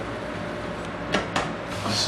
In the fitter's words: So again, you just line it up, push till you hear it click, and that's it.